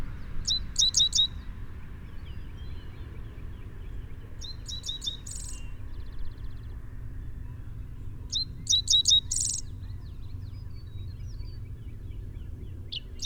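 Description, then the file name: Dickcissel song: a few sharp, clipped chirps, mostly followed by a dry buzz, repeated several times at steady intervals, with a low rumble beneath. "Dickcissel - Spiza americana"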